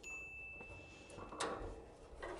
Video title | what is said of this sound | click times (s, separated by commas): Wiring Up The Solar Powered Heat Punp/Air Conditioner For Home | and it's got a clip that just snaps into place | 1.4 s